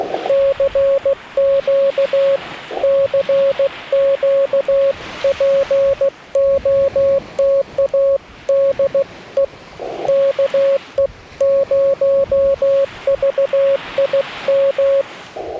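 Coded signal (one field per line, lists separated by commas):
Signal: Morse code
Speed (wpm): 16 wpm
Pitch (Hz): 550 Hz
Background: none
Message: CQ CQ POTA DE KE0VIM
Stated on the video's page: CW POTA park activation on a Yaesu FT-891 at 25 watts, with US Morse paddles and a 17-ft whip on a tripod.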